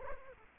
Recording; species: mosquito wingbeat signal from an infrared sensor; Culex quinquefasciatus